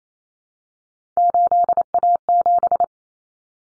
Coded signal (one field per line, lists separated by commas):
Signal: Morse code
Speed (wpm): 28 wpm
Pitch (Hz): 700 Hz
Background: none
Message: 8A7